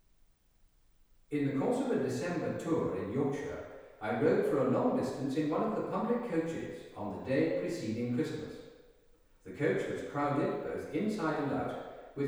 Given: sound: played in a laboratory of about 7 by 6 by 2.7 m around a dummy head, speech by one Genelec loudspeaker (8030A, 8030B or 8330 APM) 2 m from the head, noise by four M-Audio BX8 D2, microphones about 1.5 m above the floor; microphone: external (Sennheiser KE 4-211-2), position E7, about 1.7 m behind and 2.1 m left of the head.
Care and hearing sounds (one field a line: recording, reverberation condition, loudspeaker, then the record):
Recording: male speech in English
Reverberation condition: high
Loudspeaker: 60 degrees to the right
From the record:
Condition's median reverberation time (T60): about 1300 ms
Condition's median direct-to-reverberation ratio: about -4.0 dB